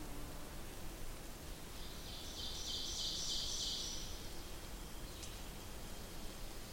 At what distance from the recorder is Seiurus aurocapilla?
about 75 m